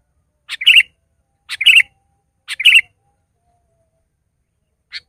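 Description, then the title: Sooty-headed bulbul repeating a short liquid, bubbly phrase three times about once a second, then a single faint note after a pause. "kutilang"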